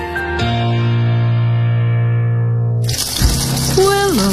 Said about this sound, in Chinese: 随手关上水龙头。